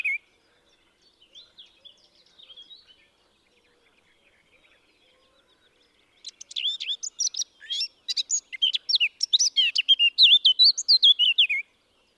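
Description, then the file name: Eurasian blackcap song: a soft, scratchy quiet warble at first, then a loud, fast, varied warbling phrase of rich notes running for about six seconds. "Sylvia atricapilla"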